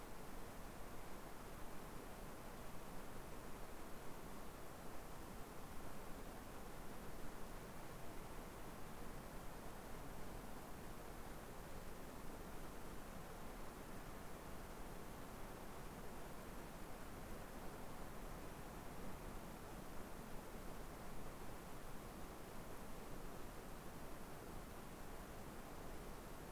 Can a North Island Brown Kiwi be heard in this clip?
no